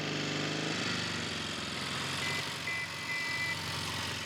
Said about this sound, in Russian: Быстро оборачиваются к идущей за кустами дороге. По ней едет немецкий солдат на мотоцикле с коляской.